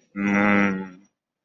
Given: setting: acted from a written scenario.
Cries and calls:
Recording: vocal sound without words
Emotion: romantic love

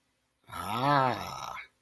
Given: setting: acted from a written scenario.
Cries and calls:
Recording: vocal sound without words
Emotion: realization

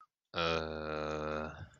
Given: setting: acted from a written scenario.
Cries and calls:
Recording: vocal sound without words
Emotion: contempt

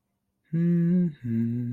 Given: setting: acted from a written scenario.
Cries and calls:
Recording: vocal sound without words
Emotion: contentment

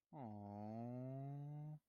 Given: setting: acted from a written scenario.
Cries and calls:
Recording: vocal sound without words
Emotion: sympathy

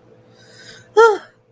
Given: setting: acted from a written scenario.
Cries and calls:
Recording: vocal sound without words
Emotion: awe

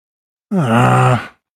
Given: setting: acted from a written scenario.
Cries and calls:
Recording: vocal sound without words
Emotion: embarrassment

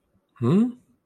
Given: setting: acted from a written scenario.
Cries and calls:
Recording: vocal sound without words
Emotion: confusion

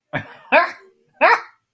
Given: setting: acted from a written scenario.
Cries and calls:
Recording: vocal sound without words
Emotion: amusement

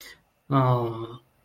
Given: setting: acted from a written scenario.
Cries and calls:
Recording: vocal sound without words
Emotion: sympathy

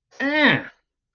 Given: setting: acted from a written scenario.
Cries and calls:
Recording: vocal sound without words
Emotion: anger

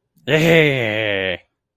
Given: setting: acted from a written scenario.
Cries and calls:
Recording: vocal sound without words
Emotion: triumph

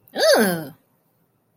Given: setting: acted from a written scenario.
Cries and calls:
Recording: vocal sound without words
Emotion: negative surprise

